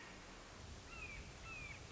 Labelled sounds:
Red-shouldered Hawk
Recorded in Sonoma County, California

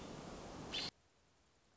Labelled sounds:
American Robin
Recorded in Sonoma County, California

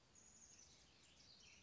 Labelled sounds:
Chestnut-backed Chickadee
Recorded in Sonoma County, California

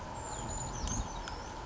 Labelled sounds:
Brown Creeper
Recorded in Sonoma County, California

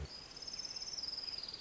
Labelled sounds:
Orange-crowned Warbler
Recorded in Sonoma County, California

